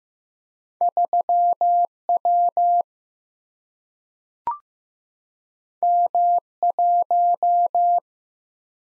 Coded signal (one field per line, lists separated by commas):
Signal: Morse code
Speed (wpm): 15 wpm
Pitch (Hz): 700 Hz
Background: none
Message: 3W M1